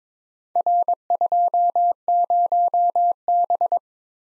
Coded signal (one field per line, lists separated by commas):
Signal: Morse code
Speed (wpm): 22 wpm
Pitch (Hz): 700 Hz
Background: none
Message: R20B